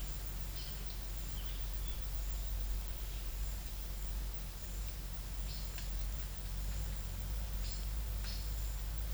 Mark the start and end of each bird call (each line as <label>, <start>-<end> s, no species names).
bird call, 0.58-0.86 s
bird call, 1.30-2.02 s
bird call, 5.51-5.90 s
bird call, 7.61-8.51 s